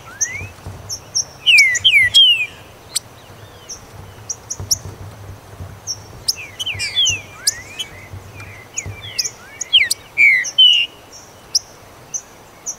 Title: Trinca Ferro